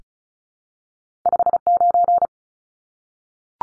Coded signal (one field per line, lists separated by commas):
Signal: Morse code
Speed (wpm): 34 wpm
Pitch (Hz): 700 Hz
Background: none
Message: 59